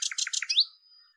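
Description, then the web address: Common nightingale song fragment: three quick repeated double notes followed by a bright rising whistle that tails off. "cianscape birddata Deverinetal 2025"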